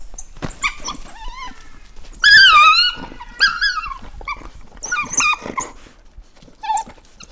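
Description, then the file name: African wild dog giving high, wavering, harmonic calls in overlapping bursts, some sliding downward, with brief pauses between bouts. Hoo call. "Lycaon pictus hoo-sound"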